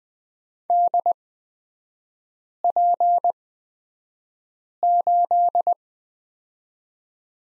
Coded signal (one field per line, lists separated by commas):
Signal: Morse code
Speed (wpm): 20 wpm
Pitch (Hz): 700 Hz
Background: none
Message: DP8